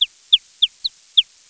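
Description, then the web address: Chick peeping: five short, high, downward-sliding peeps, spaced roughly every third of a second. A chick (young bird). "MOBICLIC 12. poussin"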